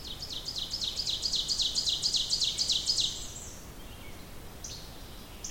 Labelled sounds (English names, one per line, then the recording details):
Ovenbird song
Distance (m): 25 m
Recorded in boreal forest in Alberta, Canada, on 28 June 2016 at 06:21
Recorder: SongMeter 3, array SBT-6-79
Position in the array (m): 5 m, 125 m
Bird 42